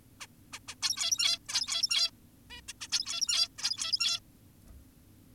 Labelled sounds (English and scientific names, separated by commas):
Zebra Finch (Taeniopygia guttata)